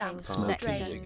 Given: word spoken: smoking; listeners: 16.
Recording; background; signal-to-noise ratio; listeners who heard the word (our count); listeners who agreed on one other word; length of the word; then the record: one English word in noise, from a listening test; four-talker babble; -1.3 dB; 2 of 16; 8 of 16; 0.66 s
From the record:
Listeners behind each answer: 8, 2, 1, 1, 1, 1, 1, 1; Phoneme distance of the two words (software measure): 17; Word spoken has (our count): 2 syllables, 6 phonemes, stress on syllable 1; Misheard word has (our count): 2 syllables, 5 phonemes, stress on syllable 1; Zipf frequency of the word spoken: 4.30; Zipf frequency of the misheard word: 3.47